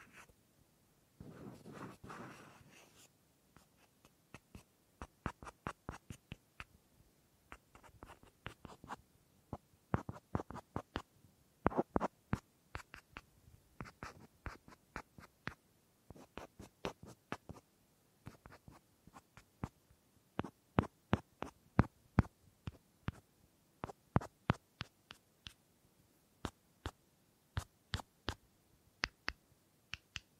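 Wooden objects are tapped and clicked in crisp, sharp knocks that arrive at an uneven pace, sometimes in quick clusters and sometimes spaced apart. Near the start, a brief stretch of scratchy rubbing plays before the tapping settles in and continues to the end.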